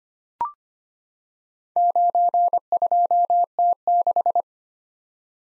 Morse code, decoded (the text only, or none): 92T6